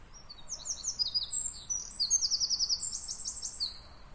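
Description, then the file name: Eurasian wren song: a fast run of high, bright notes and rapid trills, rattling along almost without pause, over faint background hiss. "Troglodytes troglodytes"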